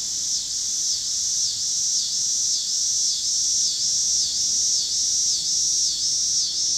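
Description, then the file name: Cicada song in regular throbbing pulses above a constant high buzzing chorus. Cicadas in Pittsburgh, Pennsylvania, on 26 August 2023, with passing car noise. "2023-08-26 cicadas and cars Pittsburgh PA"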